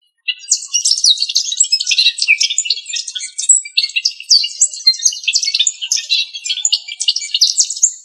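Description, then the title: Bird song, a dense, fast stream of high chirps and trills with sharp up-and-down notes, continuing without pause throughout. "LuckyPassaros CompletosSama"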